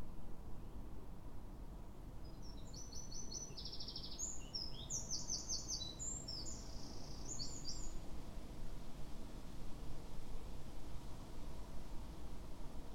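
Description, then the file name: Eurasian wren delivering one long, rapid song of high trills and chattering notes lasting about five seconds, then quiet except for steady low rumble. "Troglodytes troglodytes"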